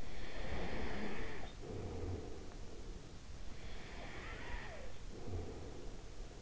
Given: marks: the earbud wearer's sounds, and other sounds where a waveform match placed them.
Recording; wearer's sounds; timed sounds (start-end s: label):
sounds in sleep by an in-ear microphone; breath, snoring breath
0.00-2.83 s: breath
3.74-6.23 s: snoring breath